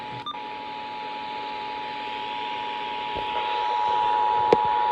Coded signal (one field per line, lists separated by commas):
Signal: Emergency Alert System (SAME) tones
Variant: 853 and 960 Hz attention tone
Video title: The last of fall's floods - EAS Alerts from 10-25-23 [EAS #439-450]